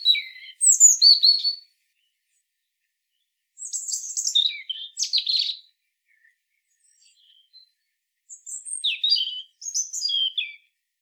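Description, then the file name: European robin singing three separate high, thin phrases of twittering, trilling and sliding notes, split by pauses of a few seconds. "Erithacus rubecula"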